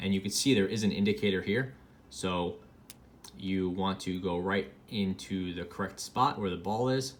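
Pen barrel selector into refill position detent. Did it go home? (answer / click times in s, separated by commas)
no / none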